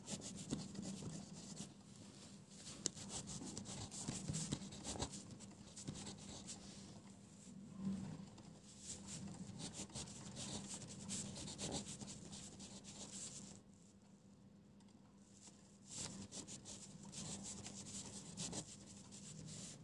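Pencil scratching and scribbling on paper fills most of the clip in dense, papery strokes with a faint low hum underneath. The writing eases to a quieter pause around the fourteenth second, then resumes with sharper strokes until the end.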